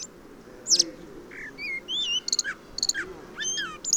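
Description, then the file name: Common blackbird singing a run of clear, mellow whistled notes mixed with sharp high squeaks and twitters, delivered in quick succession. "Turdus merula"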